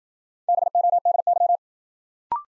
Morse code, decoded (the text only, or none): BODY